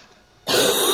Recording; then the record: coughing mixed with background sound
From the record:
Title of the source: 30 Chesty and wet cough